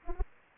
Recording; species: mosquito wingbeat signal from an infrared sensor; Anopheles arabiensis